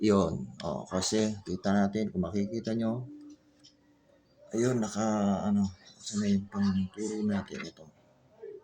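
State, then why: Not seated. A locking pin in an airsoft gun body is handled during reassembly, while someone talks throughout with a quieter pause in the middle. Nothing has seated or clicked yet; the clip ends just before the pin snaps into its locked position.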